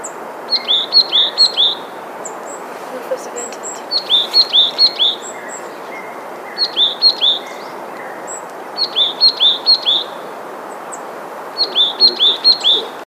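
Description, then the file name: Rufous-vented tit giving quick groups of four or five high, thin, downward-sliding notes, each burst spaced a couple of seconds apart, with faint hiss underneath. "periparus rubidiventris"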